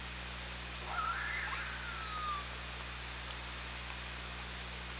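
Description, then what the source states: Orca call: a single tonal whistle that wavers and then slides downward over more than a second, heard over steady hiss and low hum. OrcaLab, 24 August 2017, 17:35.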